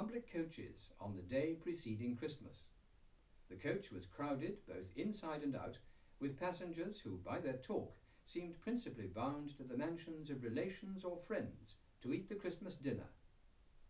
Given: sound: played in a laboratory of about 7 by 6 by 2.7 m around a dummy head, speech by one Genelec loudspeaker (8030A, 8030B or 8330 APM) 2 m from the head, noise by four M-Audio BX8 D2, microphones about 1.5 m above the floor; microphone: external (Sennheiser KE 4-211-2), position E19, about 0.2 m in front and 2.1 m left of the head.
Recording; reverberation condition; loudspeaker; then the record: male speech in English; low; 30 degrees to the right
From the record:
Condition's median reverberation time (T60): about 310 ms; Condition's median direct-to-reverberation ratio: about 3.5 dB